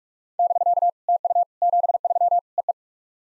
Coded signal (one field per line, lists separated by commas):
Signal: Morse code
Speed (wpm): 44 wpm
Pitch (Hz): 700 Hz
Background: none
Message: <BK> TU 73 EE